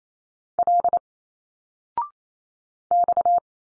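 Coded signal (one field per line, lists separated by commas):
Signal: Morse code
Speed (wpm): 28 wpm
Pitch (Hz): 700 Hz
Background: none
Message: L X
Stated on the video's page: Single-letter Morse drill at 28 wpm with a 0.6-second pause; each letter sent, spoken, then sent again.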